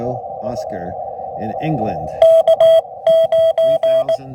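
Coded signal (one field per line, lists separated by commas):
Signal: Morse code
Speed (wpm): 18 wpm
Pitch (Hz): 650 Hz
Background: speech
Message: K 9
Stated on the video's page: QRP POTA CW activation using paddles and a Chameleon TDL antenna; radios include FX-4CR and Xiegu 6200.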